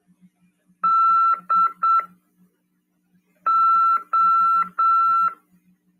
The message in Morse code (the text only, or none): DO